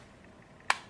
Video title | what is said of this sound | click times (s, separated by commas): Hardware vid | down until you hear a little click and you see that all the gaps on the sides are closed again | 0.7 s